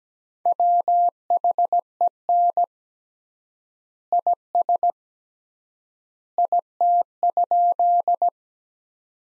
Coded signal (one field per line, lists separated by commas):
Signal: Morse code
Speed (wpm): 17 wpm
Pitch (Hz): 700 Hz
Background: none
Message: WHEN IS IT?